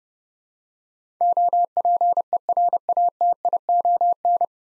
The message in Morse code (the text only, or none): OPERATION